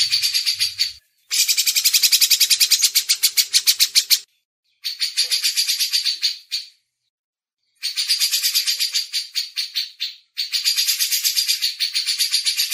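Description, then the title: Grey-cheeked bulbul song: dense bursts of rapid, buzzy chattering notes, broken by short silent gaps. Masteran: training audio for songbirds. "MASTERAN CUCAK JENGGOT"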